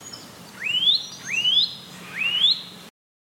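Bird giving three clear whistled calls, each sweeping steeply upward.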